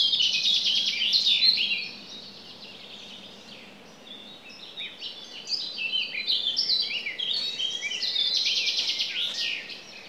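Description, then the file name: Common chaffinch song, a high rattling trill heard at the start and again near the end, with other birds singing busy, high twittering phrases in between. "Fringilla coelebs"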